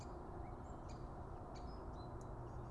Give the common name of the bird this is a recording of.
Great Spotted Woodpecker